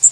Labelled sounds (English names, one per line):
Blackpoll Warbler flight call